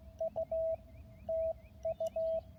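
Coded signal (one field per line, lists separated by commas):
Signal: Morse code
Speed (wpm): 16 wpm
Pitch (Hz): 650 Hz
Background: none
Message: U TU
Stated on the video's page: Parks on the Air activation at US-4463, San Bernardino National Forest, in the mountains.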